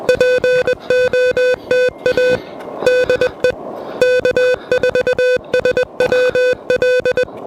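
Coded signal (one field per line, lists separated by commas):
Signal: Morse code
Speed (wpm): 20 wpm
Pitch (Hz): 500 Hz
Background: music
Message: POTA DE K4SWL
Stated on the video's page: QRP CW from a POTA park activation worked pedestrian mobile with an Elecraft KH1.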